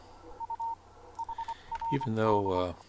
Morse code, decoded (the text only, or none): U HRD